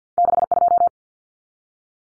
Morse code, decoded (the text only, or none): 62